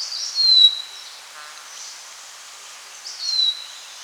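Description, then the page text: Short-billed minivet calls: two thin, high, falling whistles about three seconds apart over a soft hiss. "Short-Billed Minivet Call Sound Effect. Quick Sounds"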